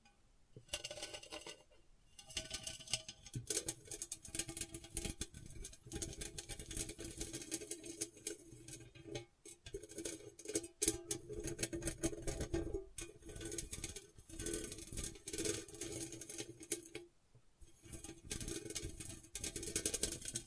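Gentle scratching runs almost continuously, made of dense, quick, crisp strokes that are bright and papery. The rhythm is irregular, with brief pauses near 2, 9, 12.5 and 17.5 seconds before the scratching resumes at a similar steady level.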